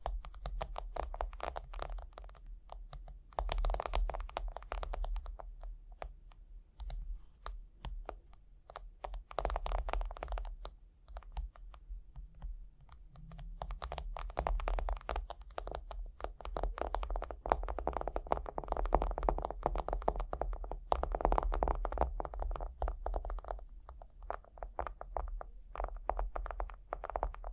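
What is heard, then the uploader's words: Tapping and scratching go on throughout, a dense run of quick, dry clicks with rougher scraping strokes mixed in. The activity comes in busier bursts around 4, 10, 15 and 21 seconds, briefly easing between them, over a steady low rumble. Tapping and Scratching (No Talking).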